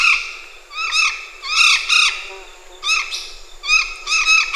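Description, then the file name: Golden parakeet calls: harsh, ringing squawks with rich overtones, given in quick bursts of two to four notes, with short gaps between the bursts. "ararajuba Guaruba guarouba"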